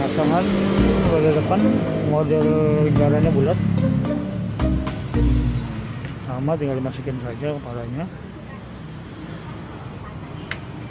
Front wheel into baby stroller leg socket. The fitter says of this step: sampai berbunyi klik, menandakan bahwa roda depannya sudah terkunci dengan baik dan